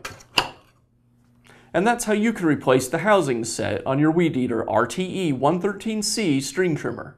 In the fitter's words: and then the spool just snaps in place